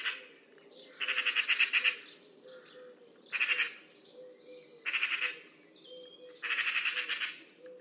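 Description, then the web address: Bird delivering four scratchy, rattling bursts at intervals of under two seconds, with faint twittering behind. "cianscape birddata Deverinetal 2025 Bird Only More Classes Pi Pi Pi Pi"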